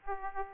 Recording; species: mosquito wingbeat signal from an infrared sensor; Aedes aegypti